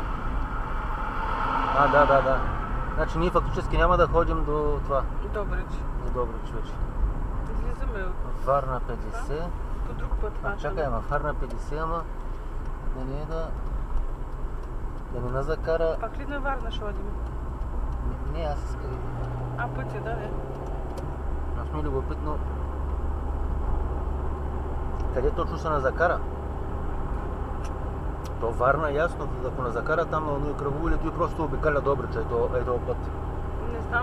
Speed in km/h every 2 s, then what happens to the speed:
40, 41, 41, 40, 39, 40, 38, 37, 36, 38, 41, 42, 43, 44, 45, 46, 47.
0-34 speeds up to 47.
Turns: none.